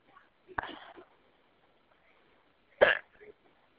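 Two abrupt, sharp gulping bursts about two seconds apart over a quiet phone line: adult hiccups.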